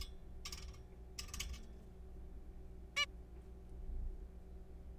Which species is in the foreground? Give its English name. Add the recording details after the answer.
Zebra Finch. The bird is a juvenile. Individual R3428